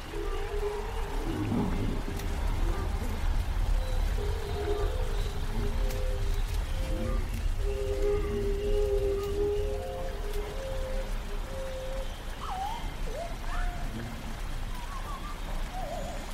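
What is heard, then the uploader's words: Dinosaur sounds in a dense prehistoric forest ambience: a constant low rumble and rain-like hiss under long, moaning calls that hold steady tones for several seconds. Near the end, shorter rising and swooping cries join in, over a busy, unbroken background. Jurassic world ambience |prehistoric forest | dinosaur sounds.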